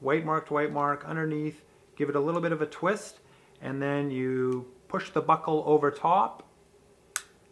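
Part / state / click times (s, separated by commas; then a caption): plastic propeller guard buckle onto a small drone's motor arm / seated / 7.2 s. A plastic propeller guard is fitted from underneath onto the motor arm of a DJI Spark drone, twisted, and its buckle pushed over the top of the arm. Someone talks through most of the clip, then a short, sharp snap at 7.2 s marks the buckle clicking shut, seating the guard.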